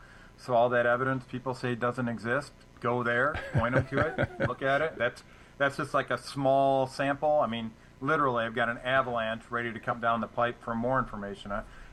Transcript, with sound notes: So all that evidence people say doesn't exist, go there-
(laughs)
... point them to it, look at it. That's- that's just, like, a small sample. I mean, literally, I've got an avalanche ready to come down the pipe for more information